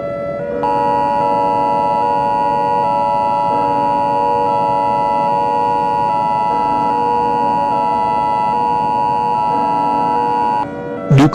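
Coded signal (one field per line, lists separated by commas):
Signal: Emergency Alert System (SAME) tones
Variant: 853 and 960 Hz attention tone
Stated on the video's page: Fictional EAS scenario; simulated alert tones.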